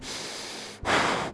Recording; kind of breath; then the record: one breath in and out by a microphone near the nose and mouth; strong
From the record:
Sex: male